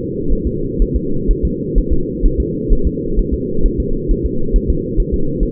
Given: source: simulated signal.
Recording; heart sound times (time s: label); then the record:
fetal heart sounds
0.32 s: S1
0.47 s: S2
0.82 s: S1
0.96 s: S2
1.31 s: S1
1.45 s: S2
1.78 s: S1
1.93 s: S2
2.26 s: S1
2.40 s: S2
2.73 s: S1
2.87 s: S2
3.19 s: S1
3.34 s: S2
3.66 s: S1
3.80 s: S2
4.11 s: S1
4.26 s: S2
4.56 s: S1
4.70 s: S2
5.00 s: S1
5.14 s: S2
5.43 s: S1
From the record:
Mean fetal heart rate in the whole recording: 130 bpm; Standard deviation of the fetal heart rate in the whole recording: 4 bpm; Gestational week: 38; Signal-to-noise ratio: -8.1 dB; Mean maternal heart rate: 72 bpm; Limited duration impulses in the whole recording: absent